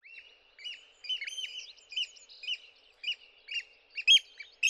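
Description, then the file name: Eurasian oystercatcher calls: shrill piping notes with bright harmonics, uneven and overlapping, coming in quick bursts and single peeps throughout. "scholekster"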